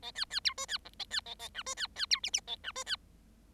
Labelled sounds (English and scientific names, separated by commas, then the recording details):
Bengalese Finch (Lonchura striata domestica) song
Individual Bird7